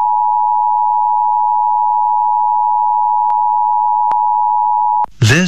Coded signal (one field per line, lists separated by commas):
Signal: Emergency Alert System (SAME) tones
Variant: 853 and 960 Hz attention tone